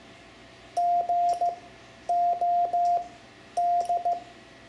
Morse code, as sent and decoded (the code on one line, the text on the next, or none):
--. --- -..
GOD